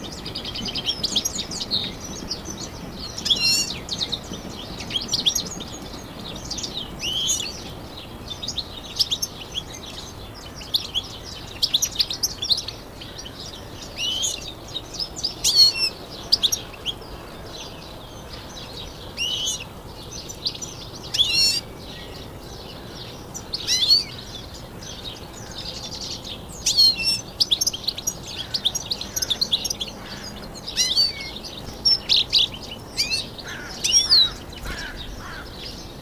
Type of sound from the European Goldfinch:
song